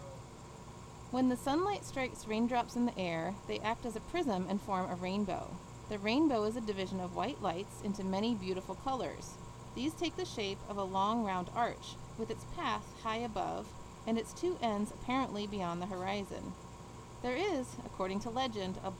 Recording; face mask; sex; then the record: reading aloud; surgical mask; female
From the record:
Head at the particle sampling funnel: tilted down, bridge of the nose in front of it